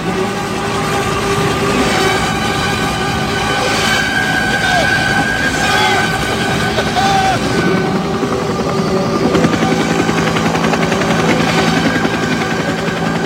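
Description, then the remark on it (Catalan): Loud, steady rumble of military helicopter rotors mixed with a sweeping orchestral war theme, sustained brass and string notes rising over the churning noise for the whole stretch. “Helicòpters, les sí, Valkyries... Estem parlant d'Apocalypse Now.”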